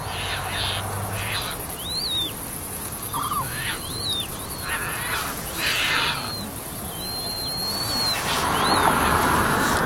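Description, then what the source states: Caspian tern begging squeaks: high, thin, down-slurred notes repeated throughout, mixed with a few harsher calls over steady background noise. Juvenile giving high-pitched begging squeaks as an adult flies overhead; newly created nature area in the Netherlands, during migration towards Africa.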